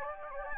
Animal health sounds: mosquito wingbeat signal from an infrared sensor; Anopheles gambiae

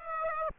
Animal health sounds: mosquito wingbeat signal from an infrared sensor; Aedes aegypti

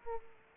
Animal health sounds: mosquito wingbeat signal from an infrared sensor; Aedes aegypti

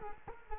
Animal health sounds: mosquito wingbeat signal from an infrared sensor; Culex quinquefasciatus

